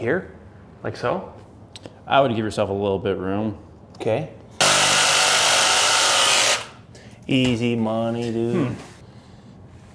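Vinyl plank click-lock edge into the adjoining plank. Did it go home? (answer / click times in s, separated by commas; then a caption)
no / none. Someone handles a luxury vinyl plank, working its click-lock edge toward the adjoining plank of the previous row while people talk. A loud, steady broadband noise runs from about 4.6 s to 6.6 s. The clip ends before the plank goes home, so nothing has seated or clicked yet.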